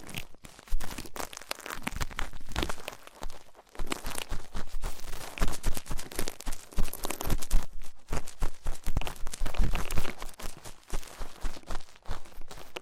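Ear cleaning sounds fill the recording with dense, crackling scratches and crunchy rustles that come in quick bursts across the whole range from low to bright. The texture stays busy and irregular, broken by a few brief near-silent gaps around the fourth and eighth seconds.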